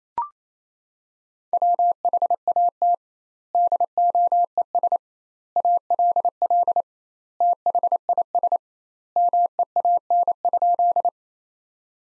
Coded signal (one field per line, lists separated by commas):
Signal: Morse code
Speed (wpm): 28 wpm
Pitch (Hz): 700 Hz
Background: none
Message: WHAT DOES ALL THIS MEAN?